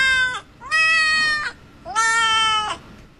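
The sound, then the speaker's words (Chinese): Three meows in a row from a cat translator app, its cat-language version of the phrase 'welcome to Lianyihui', each a bright, harmonic-rich cry with a tinny electronic tone. The middle and last are longer and drawn out, separated by short pauses. “猫语比我们简洁呀。欢迎收听联谊会，这么多字，它叫三下就解决了。”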